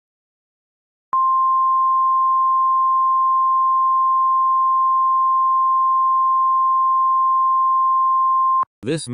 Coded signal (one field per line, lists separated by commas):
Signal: Emergency Alert System (SAME) tones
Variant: 1050 Hz attention tone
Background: speech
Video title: EAS Scenario: The Gabs